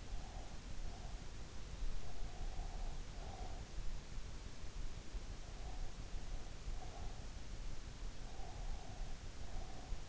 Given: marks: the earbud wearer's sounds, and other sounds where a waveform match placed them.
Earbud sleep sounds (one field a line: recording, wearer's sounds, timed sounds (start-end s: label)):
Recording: sounds in sleep by an in-ear microphone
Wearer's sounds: breath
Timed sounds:
0.00-1.32 s: breath
2.03-3.86 s: breath
5.40-7.44 s: breath
8.15-10.09 s: breath